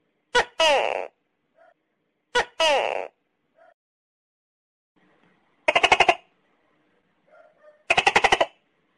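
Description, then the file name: Tokay gecko repeating two loud two-note 'to-kay' calls about two seconds apart, then two rapid rattling bursts of clicking pulses. "Tieng con tac ke keu"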